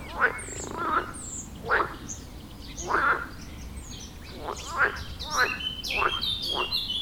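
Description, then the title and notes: Frogs giving separate rattling croaks every second or so, while small birds chirp and twitter high above, growing busier toward the end. Frog concert at the village pond in Wohlsborn, Germany; recorded with a TASCAM DR-40X. "Wohlsborn, Deutschland - Froschkonzert. Frog concert. Froschkonzert am Dorfteich in Wohlsborn. Aufgenommen mit TASCAM DR-40X"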